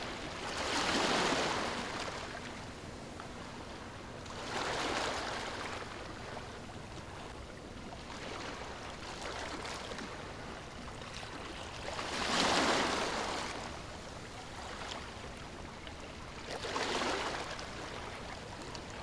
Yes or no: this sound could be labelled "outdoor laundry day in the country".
no